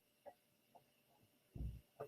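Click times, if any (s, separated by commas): none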